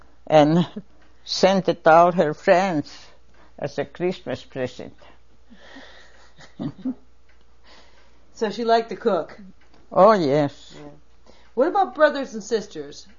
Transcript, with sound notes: and send it to all her friends as a Christmas present. (chuckles)
So she liked to cook?
Oh yes.
What about brothers and sisters?